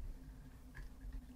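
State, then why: Not seated. The handle of a home button-pin press is turned down onto the pin parts in the die, where five clicks would show the pin is pressed. Only a low steady hum and faint soft rustling are heard. The handle reaches the bottom, and nothing has clicked yet.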